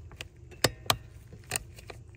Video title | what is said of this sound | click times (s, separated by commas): Mercedes W210 Brake Light Switch Replacement | once you get it pushed in all the way twist counterclockwise snaps into place | 0.9 s